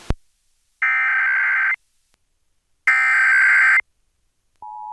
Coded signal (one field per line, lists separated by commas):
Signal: Emergency Alert System (SAME) tones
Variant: header bursts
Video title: 2023 National Test on Springfield, MA/Hartford, CT Area Stations (10/4/2023) (EAS #90-100)